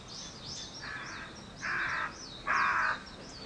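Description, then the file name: Bird calls: three harsh, buzzy caws of about half a second each, growing louder, over a background of thin, high twittering. Wild birds; 21 April 2023. "wild-bird 230421"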